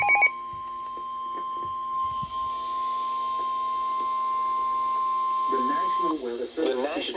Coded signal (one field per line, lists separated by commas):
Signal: Emergency Alert System (SAME) tones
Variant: 1050 Hz attention tone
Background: speech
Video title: EAS #1126 - #1128 Severe Thunderstorm Warnings